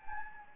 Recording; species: mosquito wingbeat signal from an infrared sensor; Anopheles gambiae